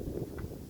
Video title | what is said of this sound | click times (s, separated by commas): Ravin R10 Review | When it clicks to the string, that means that you are attached and it is safe to go ahead | 0.2 s, 0.4 s